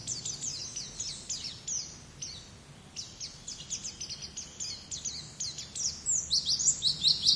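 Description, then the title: White-eye singing a quick string of high, thin chirps over a constant background hiss, growing louder and denser toward the end. "Pleci"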